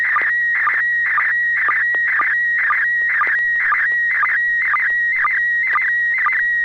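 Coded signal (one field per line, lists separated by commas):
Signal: SSTV (slow-scan television)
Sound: steady high tone broken twice a second by warbling chirps and short low sync blips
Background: low hum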